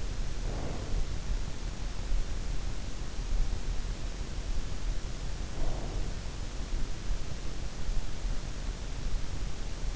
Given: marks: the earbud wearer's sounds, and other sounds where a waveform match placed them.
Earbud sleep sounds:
sounds in sleep by an in-ear microphone; breath
0.00-1.48 s: breath
5.10-6.65 s: breath

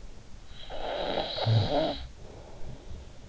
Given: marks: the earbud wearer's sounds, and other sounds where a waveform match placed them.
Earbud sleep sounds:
sounds in sleep by an in-ear microphone; snoring breath
0.26-3.27 s: snoring breath

